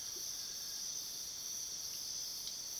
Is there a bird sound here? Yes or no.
no